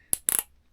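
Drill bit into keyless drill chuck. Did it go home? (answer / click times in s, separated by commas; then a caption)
yes / 0.1 s, 0.3 s. A 1/4 inch metal drill bit in a keyless drill chuck, hand-tightened while the trigger is gently squeezed, gets a final twist of the chuck. Its ratchet gives sharp, bright clicks at 0.1, 0.3 and 0.3 seconds, the last two within a short rattling burst. The bit is locked tight in the chuck.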